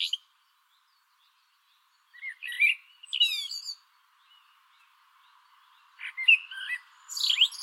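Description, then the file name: Common blackbird song phrases of fluted notes and high squeaky flourishes, with a faint steady hum in the background. "Turdus merula"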